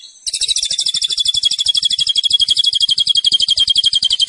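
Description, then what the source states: Zebra finch song: a rapid, buzzy trill of even high notes, held steadily throughout after a brief quiet start. Master recording for training cage birds; bird described as gacor, singing vigorously.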